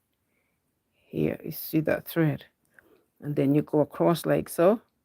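A bobbin has been dropped into a sewing machine's bobbin holder, and its thread is being guided across toward the slot while someone talks. Nothing has seated or clicked yet; the clip ends before the thread catches in place.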